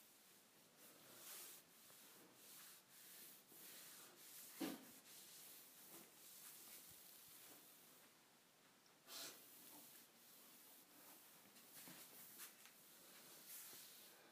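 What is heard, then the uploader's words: Kitchen appliances being cleaned with steady scrubbing and rubbing strokes, bright hissy swipes repeating every second or so, one sharp knock near five seconds. ASMR Cleaning Kitchen Appliances.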